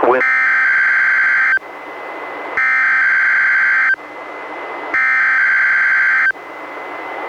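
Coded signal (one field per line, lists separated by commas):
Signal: Emergency Alert System (SAME) tones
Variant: header bursts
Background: speech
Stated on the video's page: Required Weekly Tests relayed by a NOAA Weather Radio station, recorded from a Reecom R-1630 weather radio through a Zoom H1 audio recorder.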